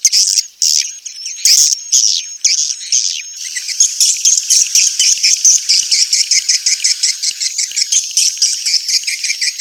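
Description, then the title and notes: Swiftlet calls: a few loud, harsh chirps at first, then a fast, steady stream of high twittering notes. Sound used for swiftlet farming in Asia. "Swiflet Bird Sound. Farming Swiflet Bird asia sound"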